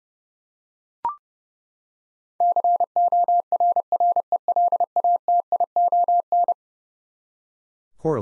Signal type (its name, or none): Morse code